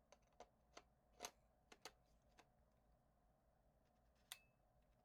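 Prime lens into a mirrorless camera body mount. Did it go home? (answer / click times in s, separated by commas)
yes / 4.3 s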